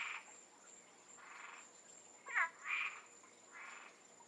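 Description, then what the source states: Frogs giving soft nasal croaks about once a second, with louder, sharper croaks in the middle, over a steady high whine. Frogs in the Florida Keys.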